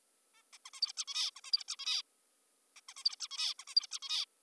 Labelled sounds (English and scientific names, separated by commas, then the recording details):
Zebra Finch (Taeniopygia guttata)
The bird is an adult
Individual g19o3U